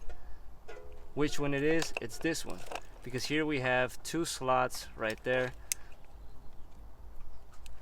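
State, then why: Seated. Someone talks while picking out a two-slot plastic wiring connector on the retrofit harness for new KOCF V4 triple-beam headlights on a 2018–2023 Camry XSE. After a quieter stretch, the connector is pushed into its mating harness plug and a sharp click is heard at 7.7 s as it seats.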